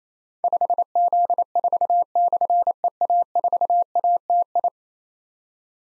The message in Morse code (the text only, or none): 5Z4/EA4ATI